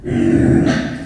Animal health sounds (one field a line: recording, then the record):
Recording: squeal of a Yucatan mini pig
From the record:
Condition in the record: after surgery on the right vocal fold (resection and tissue-engineered implant)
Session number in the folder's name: 1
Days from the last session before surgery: 13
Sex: female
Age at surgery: 19 weeks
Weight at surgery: 25 kg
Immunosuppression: prednisolone